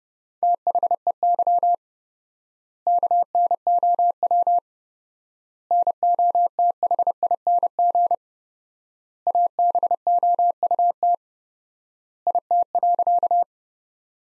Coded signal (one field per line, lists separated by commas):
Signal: Morse code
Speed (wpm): 30 wpm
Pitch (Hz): 700 Hz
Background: none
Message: THEY KNOW NOTHING ABOUT IT.